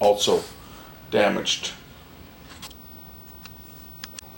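Someone talks briefly at the start as a repaired circuit board is handled for reinsertion into a tape deck's housing. Several faint, sharp ticks follow, the loudest near the end. Nothing has seated or clicked into place yet.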